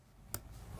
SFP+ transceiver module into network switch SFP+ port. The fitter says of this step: then click. It makes a click, and you know it's in.